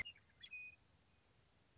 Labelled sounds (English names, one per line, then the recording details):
Western Meadowlark
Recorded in Sonoma County, California